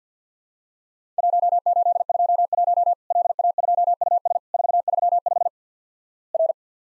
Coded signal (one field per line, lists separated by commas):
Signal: Morse code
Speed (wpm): 50 wpm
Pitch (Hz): 700 Hz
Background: none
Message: 1821 LA2US 435 R